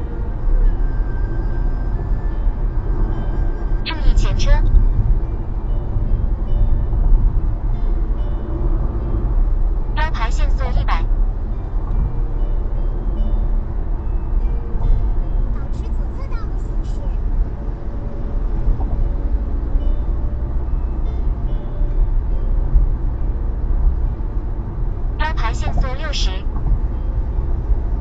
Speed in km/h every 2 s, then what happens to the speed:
99, 96, 88, 85, 83, 85, 89, 90, 90, 93, 93, 95, 94, 96.
0-8 slows to 83. 8-28 speeds up to 96.